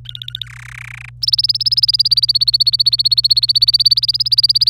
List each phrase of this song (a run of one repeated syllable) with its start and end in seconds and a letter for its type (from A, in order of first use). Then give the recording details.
0.05-0.46 A, 0.47-1.09 B, 1.22-4.69 C. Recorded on 26 April 2018 at 09:52. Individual llb3